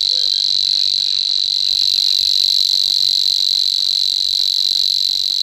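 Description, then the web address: Savi's warbler song, a continuous high, dry buzzing reel held steadily throughout with no break, faint low hum beneath. "agykontroll Madardalok Cd 3. Nádi tücsökmadár"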